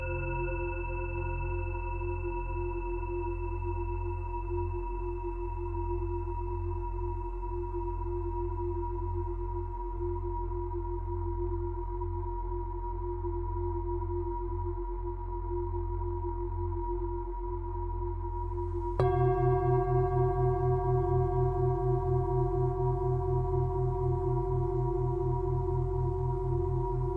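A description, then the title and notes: Steady pure tuning fork tones ring out over a continuous low hum, holding level with slow gentle pulsing. At about nineteen seconds a sharp strike adds a brighter, louder layer of tones with a faster wavering throb that continues to the end. Angel Tuning Fork - Frequency (528Hz & 963Hz) & Perfect Frequency (432Hz).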